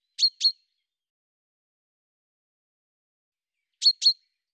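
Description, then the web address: Bird giving two quick pairs of sharp, high chirps, the pairs nearly four seconds apart, in otherwise silent surroundings. "cianscape birddata Deverinetal 2025 Bird Fr Co"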